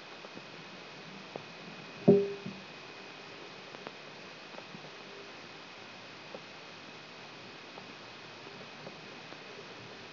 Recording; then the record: brain microelectrode recording played as sound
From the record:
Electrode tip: outside the subthalamic nucleus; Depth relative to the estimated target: -8 mm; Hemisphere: right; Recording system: AlphaMap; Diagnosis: Parkinson's disease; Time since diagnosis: 11 years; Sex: male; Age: 66 years